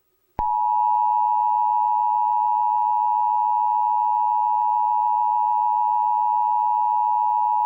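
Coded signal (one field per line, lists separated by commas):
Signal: Emergency Alert System (SAME) tones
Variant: 853 and 960 Hz attention tone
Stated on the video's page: Fictional EAS scenario about a UFO event.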